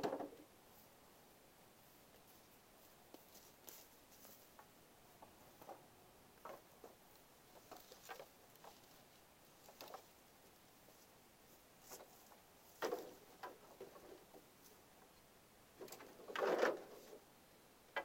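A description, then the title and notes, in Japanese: Dry wooden knocks and taps come in irregular, scattered bursts over a quiet, faintly hissing background. Most are short, light clicks, with a few louder clattering clusters near the start, around 13 seconds, and a fuller knock near 16–17 seconds. 晴れ。夕方17時少し薄暗くなってきた。イネの天日干しの脱穀を終え、イネを干すために使った棒(ハゼ棒)を屋根の下に片付ける。乾いた木の音が心地よい。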